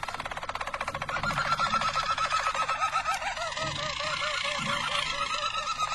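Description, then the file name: Harz Roller canary song: a fast pulsed roll with a thin whistle above it, easing into slower rounded repeated notes. Belgian Harz Roller canary. "canto do canario belga harz roller"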